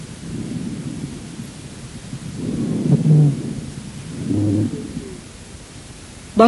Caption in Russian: Другой вариант сухих басовых хрипов. Басовые хрипы наиболее часто выслушиваются у пациентов с бронхитом.